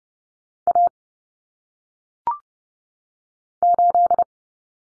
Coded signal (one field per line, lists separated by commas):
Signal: Morse code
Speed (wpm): 30 wpm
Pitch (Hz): 700 Hz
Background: none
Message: A 8